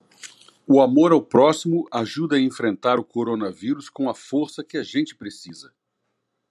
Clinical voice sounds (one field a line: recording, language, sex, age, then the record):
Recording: spoken sentence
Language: Brazilian Portuguese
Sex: male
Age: 50 to 59 years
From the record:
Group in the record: control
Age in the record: 59 years